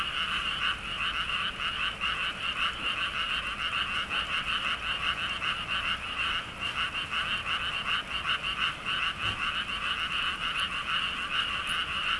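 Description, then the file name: Continuous frog chorus, many callers blending into a rapid, throbbing croak with slight swells in loudness. "kaeru"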